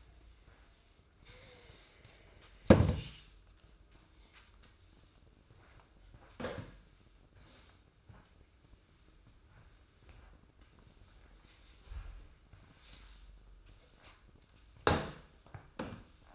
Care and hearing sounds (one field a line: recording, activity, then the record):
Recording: daily activity, microphone in the room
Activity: sweep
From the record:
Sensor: 2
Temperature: 24.2 degrees Celsius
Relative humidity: 31.4%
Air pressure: 995.8 hPa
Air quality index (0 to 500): 93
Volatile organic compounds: 5 ppm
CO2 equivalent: 1716 ppm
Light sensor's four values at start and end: 24/76/30/29 and 24/74/30/29